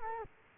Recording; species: mosquito wingbeat signal from an infrared sensor; Culex quinquefasciatus